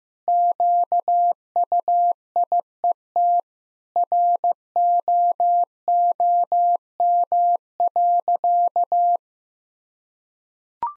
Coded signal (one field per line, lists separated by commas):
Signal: Morse code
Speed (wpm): 15 wpm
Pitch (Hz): 700 Hz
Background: none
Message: QUIET ROOM.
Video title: Easy Sentences with Hints - 15wpm